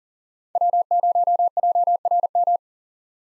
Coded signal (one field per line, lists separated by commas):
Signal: Morse code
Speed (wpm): 40 wpm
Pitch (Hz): 700 Hz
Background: none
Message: W0JRM